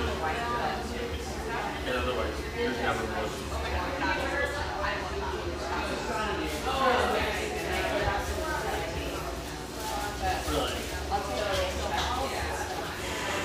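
Murmur of an espresso joint in the North Beach neighborhood: many overlapping voices talking at once, a dense, steady blend of men and women with no single speaker standing out. A low hum runs underneath throughout, with small clinks and bursts scattered across the 13 seconds.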